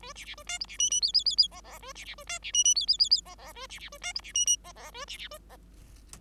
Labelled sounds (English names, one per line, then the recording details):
Bengalese Finch song
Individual Bird5